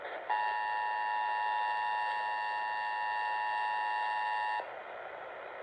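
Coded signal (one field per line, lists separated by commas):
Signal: Emergency Alert System (SAME) tones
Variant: 853 and 960 Hz attention tone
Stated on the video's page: Pennsylvania required monthly test, real broadcast.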